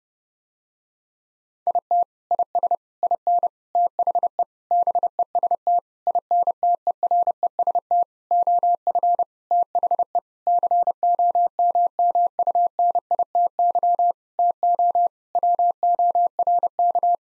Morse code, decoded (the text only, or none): IT IS IN THE BEST INTEREST OF THE COMMUNITY TO WORK